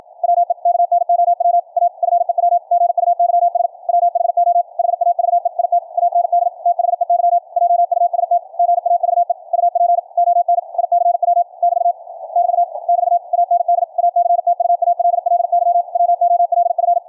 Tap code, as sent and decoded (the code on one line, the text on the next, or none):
none